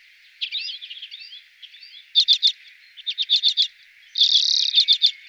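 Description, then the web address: Common redpoll song: high twittering notes, then fast staccato chattering bursts and a short buzzy rattle near the end. Garden bird. "VOLIERE Les oiseaux de nos jardins. Sizerin flam� - Redpoll"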